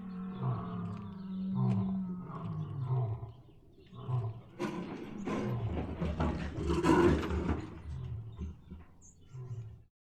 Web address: lion moan